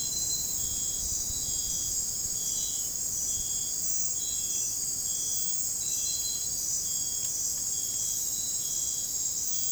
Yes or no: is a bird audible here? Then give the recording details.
no. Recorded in dense forest near Puerto Asís, Putumayo, Colombia, on 30 June 2025 at 03:00. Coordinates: 0.503, -76.323. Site G059